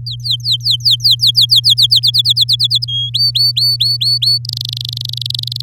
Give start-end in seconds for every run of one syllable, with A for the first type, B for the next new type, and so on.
0.06-2.00 A, 2.02-2.85 B, 2.88-3.10 C, 3.14-4.38 D, 4.45-5.61 E